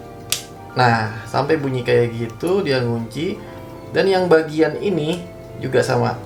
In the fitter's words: until it clicks